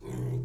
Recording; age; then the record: pig call; weaner (32 to 43 days)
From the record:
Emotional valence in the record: negative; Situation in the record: short isolation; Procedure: open field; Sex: female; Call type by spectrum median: low-frequency call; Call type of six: low-frequency stable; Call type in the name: low-frequency stable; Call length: 0.45 s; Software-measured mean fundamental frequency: 61 Hz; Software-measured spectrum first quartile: 123 Hz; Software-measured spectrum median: 177 Hz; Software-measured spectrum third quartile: 430 Hz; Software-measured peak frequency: 130 Hz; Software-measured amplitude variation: 79 dB a second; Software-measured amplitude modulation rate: 25.6 a second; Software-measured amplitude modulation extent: 3.1 dB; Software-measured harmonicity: 1.2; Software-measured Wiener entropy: -0.36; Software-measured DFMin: 968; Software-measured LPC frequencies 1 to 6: 2049, 3380, 4188, 6232, 7048, 7706 Hz